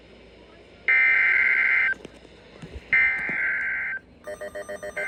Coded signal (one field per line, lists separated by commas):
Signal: Emergency Alert System (SAME) tones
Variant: header bursts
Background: speech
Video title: EAS #3440-3446 Severe Thunderstorm Warning (7-24-25)